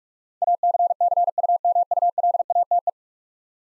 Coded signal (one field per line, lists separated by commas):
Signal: Morse code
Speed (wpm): 41 wpm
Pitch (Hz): 700 Hz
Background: none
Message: ACCUMULATE